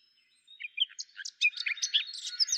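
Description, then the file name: Eurasian blackcap with a brief, hurried warble of varied chirps and squeaky notes that grows busier towards the end. "Sylvia atricapilla"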